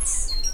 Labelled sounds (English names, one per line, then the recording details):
Stitchbird song
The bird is a male
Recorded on Tiritiri Matangi Island, New Zealand, in 2005
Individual 10, of nest box 12